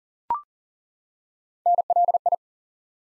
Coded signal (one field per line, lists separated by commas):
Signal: Morse code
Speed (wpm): 38 wpm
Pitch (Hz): 700 Hz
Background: none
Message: NLI